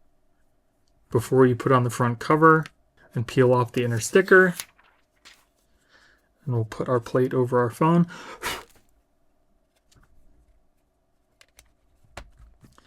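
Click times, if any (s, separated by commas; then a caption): 12.2 s. Someone talks while the front cover plate of a VRS Design 360 Protection case is pressed over a Galaxy Fold 7 folding smartphone. After the talking stops, soft handling ticks follow, and the plate snaps into place with a sharp click at 12.2 s, fully seated.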